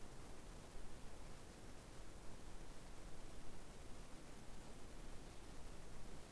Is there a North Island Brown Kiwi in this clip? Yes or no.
no